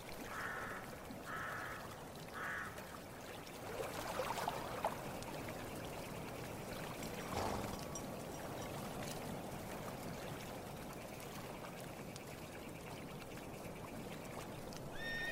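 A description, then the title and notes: Calm lake ambience with a steady watery wash, three cawing bird calls in the first three seconds, and brief splashy bursts near four and seven seconds. Calming lake ambience. Water lapping.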